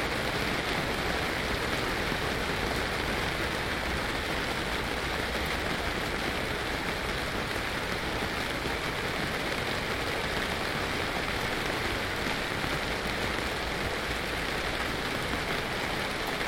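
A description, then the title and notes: Steady rain falls outside a yurt, a dense, even hiss of countless drops that never lets up across the whole stretch. Patter on the surface fills the middle and upper range, with a soft low rumble underneath and no distinct separate events. Rain Outside Yurt, Norfolk. Sheltering from the rain.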